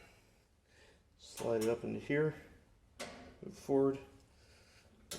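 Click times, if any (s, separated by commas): 5.1 s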